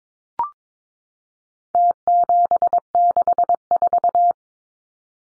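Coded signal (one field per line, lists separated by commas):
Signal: Morse code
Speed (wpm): 22 wpm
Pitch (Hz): 700 Hz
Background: none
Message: T764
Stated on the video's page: Contest-style four-digit serial numbers at 22wpm for head-copy drill, leading zeros sent as cut T.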